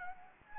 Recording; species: mosquito wingbeat signal from an infrared sensor; Anopheles gambiae